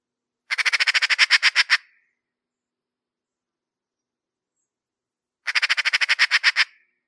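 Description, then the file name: Eurasian magpie chattering, a fast harsh rattle of about a dozen notes, given twice several seconds apart, silence between. 2021. "Gazza 1 2021"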